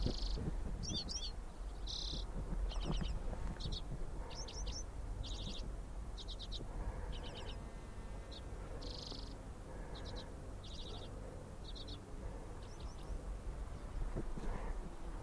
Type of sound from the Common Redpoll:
flight call